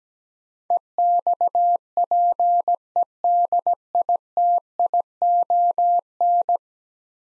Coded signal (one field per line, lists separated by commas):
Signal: Morse code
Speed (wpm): 17 wpm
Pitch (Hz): 700 Hz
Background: none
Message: EXPEDITION